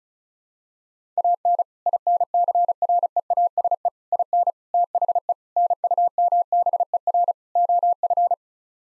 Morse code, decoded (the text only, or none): AN INCREASE IN THE NUMBER OF